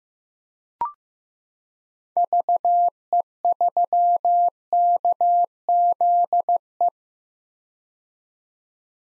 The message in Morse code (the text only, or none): VE3KZE